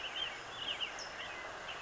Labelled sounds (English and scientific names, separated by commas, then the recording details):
California Towhee (Melozone crissalis)
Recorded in Sonoma County, California